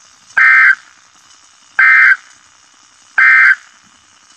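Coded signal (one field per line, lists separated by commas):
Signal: Emergency Alert System (SAME) tones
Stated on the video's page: Severe thunderstorm and tornado warnings from a NOAA weather radio station.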